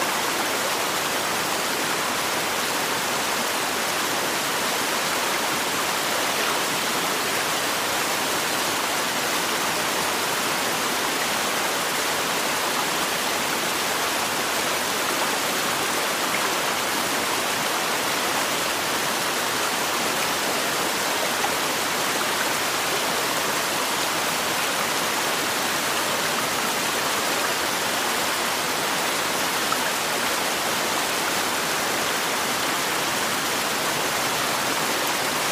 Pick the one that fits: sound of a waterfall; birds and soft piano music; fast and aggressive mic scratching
sound of a waterfall